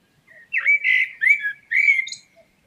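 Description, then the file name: Common blackbird calls: a string of squeaky, slurred notes rising and falling, three main phrases in under three seconds, with nothing else audible. "Turdus merula"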